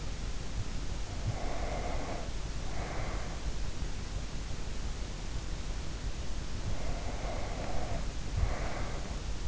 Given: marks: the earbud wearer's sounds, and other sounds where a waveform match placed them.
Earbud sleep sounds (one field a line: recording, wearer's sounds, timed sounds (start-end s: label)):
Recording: sounds in sleep by an in-ear microphone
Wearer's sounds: breath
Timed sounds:
0.96-3.81 s: breath
6.22-9.48 s: breath